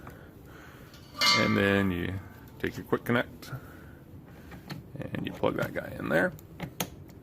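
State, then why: Seated. A propane hose quick-connect fitting is pushed into the propane inlet of a Champion 3400-Watt Dual Fuel Inverter Generator while someone talks, with a loud harmonic tone from about 1.2 to 2.2 s. A sharp, loud click at 6.8 s marks the fitting seating home in the inlet.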